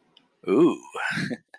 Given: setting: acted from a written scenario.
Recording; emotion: vocal sound without words; desire